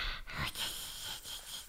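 An adult imitates the sound of snoring during sleep.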